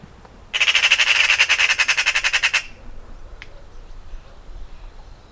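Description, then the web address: Eurasian Magpie delivering one harsh, machine-like rattle of many quick notes over about two seconds, then quiet with a single faint tick. "Ocells Cultura Urraca común"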